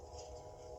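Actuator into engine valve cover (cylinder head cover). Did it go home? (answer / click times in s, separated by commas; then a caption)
no / none. An actuator is being handled into its bore in the valve cover (cylinder head cover) of a B58 engine on a 340i, with only a steady, low-pitched hum and faint handling noise and no sharp hits. Nothing has seated or clicked yet; the clip ends just before the part goes home.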